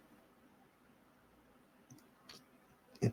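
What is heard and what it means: A small antenna connector is pressed onto its socket on the receiver/air unit of a DJI FPV quad build, and it pops back off instead of staying on. Faint ticks at about 1.9 s and 2.0 s lead to a sharp click at 2.3 s as it pops out, followed by a louder thump near 3.0 s. The connector is released and does not stay seated.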